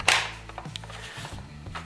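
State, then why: Seated. An 18V lithium P108 4 amp battery pack is slid onto the battery mount of a Ryobi 18V ONE+ 7-1/4 in. brushless circular saw, model P508. A sharp, loud latch click at 0.1 s marks it locking into place, followed by a few fainter knocks over a steady low hum. The battery is seated and locked into the saw.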